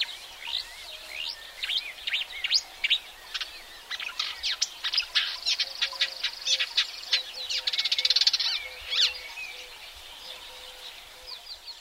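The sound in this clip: Marsh warbler: songbird delivering a fast, scratchy, varied warbling song of high clicks and trills that fades out near the end.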